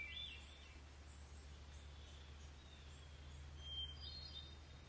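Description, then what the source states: Hermit Thrush song: a short ethereal phrase at the start and another higher, fluttering phrase near the end, set against a steady low drone. Sung in the morning from near a pond, heard from a porch as fog lifts after a rainy night, Monday, July 6, 2020; bird singing vigorously.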